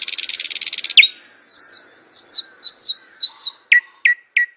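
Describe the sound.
Thrush nightingale song opening with a dry rapid rattle, followed by four drawn-out whistled slurs and three crisp downward chips.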